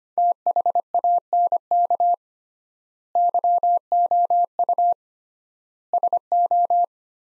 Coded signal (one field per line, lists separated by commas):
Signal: Morse code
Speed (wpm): 25 wpm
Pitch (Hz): 700 Hz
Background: none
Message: THANK YOU SO